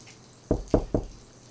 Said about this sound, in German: Die hintere. Und auch eine ähnliche Tür, etwas kleiner, aber auch die ist verschlossen. Dann klopfe ich nochmal.